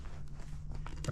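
On a 1999 GMC Sierra truck seat, the retainer edge of the leather seat cover is rolled under onto the seat's side piece and pushed down onto the seat frame. Over a low, steady rumble and faint rustling, sharp clicks come at about 0.9 s and 1.1 s as the retainer snaps into place, and the cover is seated.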